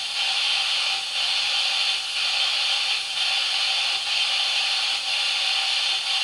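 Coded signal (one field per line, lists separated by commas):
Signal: radio time signal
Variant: DCF77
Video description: Im Hintergrund ist das Signal des Zeitzeichensenders DCF77 zu hören, welches diese Uhren synchronisiert.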